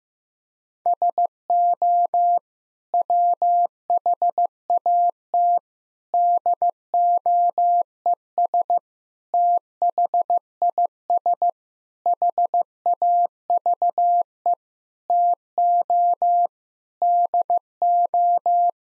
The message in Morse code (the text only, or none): SO WHAT DOES THIS HAVE TO DO